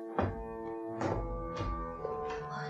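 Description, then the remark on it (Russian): Four dull, muffled knocks coming from behind a wall, unevenly spaced, sounding over a steady sustained musical drone with no voices. “Що це за стук? Ён доноситься з-за гэтай стяны.”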